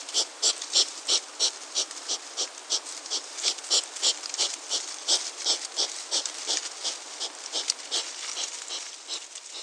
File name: Erinaceus europaeus - Erizo europeo